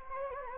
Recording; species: mosquito wingbeat signal from an infrared sensor; Anopheles gambiae